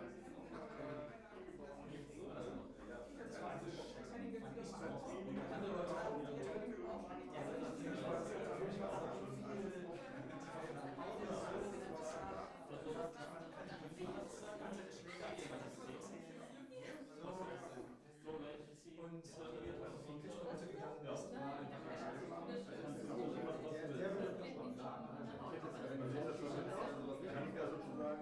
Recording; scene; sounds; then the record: everyday scene through a hearing-aid microphone; many people talking; many voices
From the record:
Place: bistro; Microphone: behind the ear, left, front